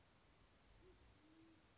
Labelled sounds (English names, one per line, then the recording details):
Band-tailed Pigeon
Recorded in Sonoma County, California